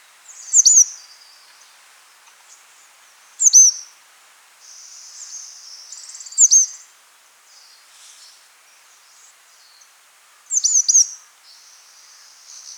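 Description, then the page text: Rufous-vented yuhina giving short bursts of high, squeaky notes every few seconds, separated by softer, thin buzzing trills. "Rufous-Vented Yuhina Calls. Quick Sounds"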